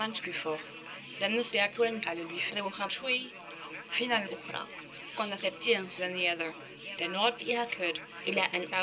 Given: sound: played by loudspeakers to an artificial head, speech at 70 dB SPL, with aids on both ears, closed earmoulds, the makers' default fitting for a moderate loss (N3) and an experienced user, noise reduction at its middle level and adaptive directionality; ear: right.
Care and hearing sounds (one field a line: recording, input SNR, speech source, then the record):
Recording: speech test signal (ISTS) in cocktail-party noise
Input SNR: +6 dB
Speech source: on the right (90 degrees)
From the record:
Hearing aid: class 2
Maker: C